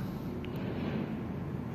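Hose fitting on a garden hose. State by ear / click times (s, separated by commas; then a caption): seated / 0.4 s. While repairing a garden hose, a hose fitting or clamp is pushed until it locks, giving one sharp, short click at 0.5 s over a steady low rumbling background. The fitting is now locked in place on the hose.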